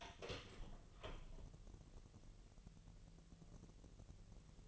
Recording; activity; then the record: daily activity, microphone in the room; open door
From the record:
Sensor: 4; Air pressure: 1002.1 hPa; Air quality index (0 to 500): 249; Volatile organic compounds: 42 ppm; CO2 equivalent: 3183 ppm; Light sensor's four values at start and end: 9/19/7/6 and 8/18/7/6